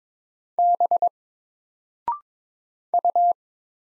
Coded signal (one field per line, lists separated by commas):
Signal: Morse code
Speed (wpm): 22 wpm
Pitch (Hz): 700 Hz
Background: none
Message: B U